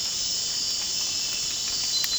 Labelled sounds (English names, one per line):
none